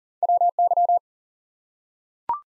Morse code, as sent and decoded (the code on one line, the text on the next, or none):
.-- -.--
WY